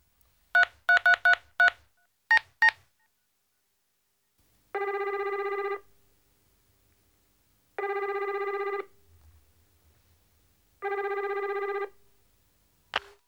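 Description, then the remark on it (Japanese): A telephone is dialed to call the pizza shop Pizza Cat, in the Kyatto-Ninden Teyandee (Samurai Pizza Cats) drama: a quick run of about six keypad beeps, a short pause, then two more, followed by three evenly spaced ringback tones, each about a second long, with no voices. “電話を貸してください。こんなんじゃいつまで経ってもピザ食えやしねってな。”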